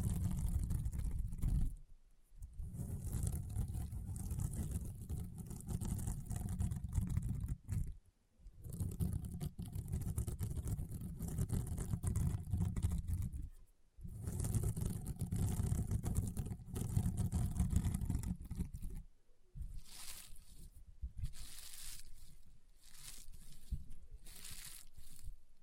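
Crunchy, popping honeycomb slime being squeezed in dense crackling bursts, broken by short silences near 2, 8, 14 and 19 seconds, then sharper, brighter pops.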